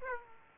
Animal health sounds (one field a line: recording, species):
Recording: mosquito wingbeat signal from an infrared sensor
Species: Aedes aegypti